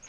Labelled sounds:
Black-throated Gray Warbler flight call

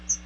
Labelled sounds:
Chestnut-sided Warbler flight call

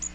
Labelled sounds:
Magnolia Warbler flight call

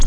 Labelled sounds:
Nashville Warbler flight call

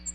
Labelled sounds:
American Redstart flight call

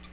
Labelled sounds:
Tennessee Warbler flight call

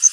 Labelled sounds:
Yellow Warbler flight call

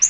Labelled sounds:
Yellow-rumped Warbler flight call

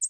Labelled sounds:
American Redstart flight call

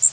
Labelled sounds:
Blackpoll Warbler flight call

